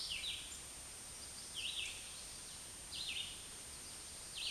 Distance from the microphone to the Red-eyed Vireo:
about 15 m